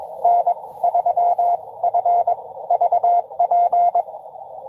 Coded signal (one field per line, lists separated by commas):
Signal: Morse code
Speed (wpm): 22 wpm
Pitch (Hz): 700 Hz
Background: radio noise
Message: N3FVP